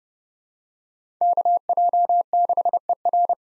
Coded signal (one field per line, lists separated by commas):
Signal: Morse code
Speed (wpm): 30 wpm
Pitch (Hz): 700 Hz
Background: none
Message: KJ6ER